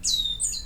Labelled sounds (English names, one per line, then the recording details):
Stitchbird song
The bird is a male
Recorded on Tiritiri Matangi Island, New Zealand, in 2005
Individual 19, of nest box 27